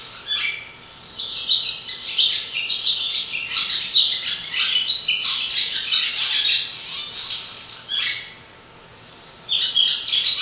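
Swallow twittering: long runs of fast, chirpy warbling separated by two quiet gaps, the chatter resuming strongly after each pause.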